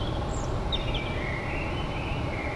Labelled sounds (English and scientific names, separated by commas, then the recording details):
Common Blackbird (Turdus merula)
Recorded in Germany
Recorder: ecoPi